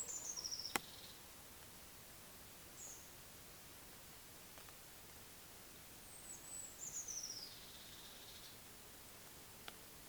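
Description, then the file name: Eurasian blue tit calls: a brief pulsed burst, then a high thin note and a long descending sweep, against a steady hiss. "Cyanistes caeruleus"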